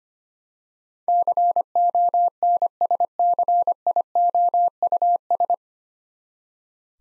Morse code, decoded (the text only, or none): CONSCIOUS